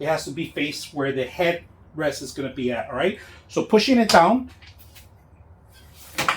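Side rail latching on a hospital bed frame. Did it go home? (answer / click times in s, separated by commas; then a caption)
yes / 6.2 s, 6.3 s. Someone talks while pushing the metal side rail of a VEVOR Premium 3 Function Full Electric Hospital Bed down on its frame, with the rail facing where the headrest goes. Two sharp clicks are heard at 6.2 s and 6.3 s as the side rail latches and locks in place.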